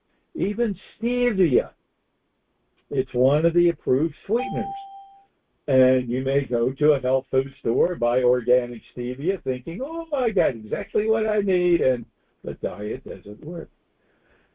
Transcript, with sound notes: Even stevia, it's one of the approved sweeteners (bell dinging) and you may go to a health food store and buy organic stevia thinking, "Oh, my God, exactly what I need." And the diet doesn't work.